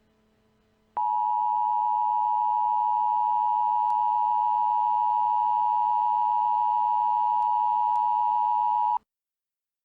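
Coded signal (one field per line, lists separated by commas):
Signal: Emergency Alert System (SAME) tones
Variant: 853 and 960 Hz attention tone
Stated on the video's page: Fictional EAS scenario, not a real alert.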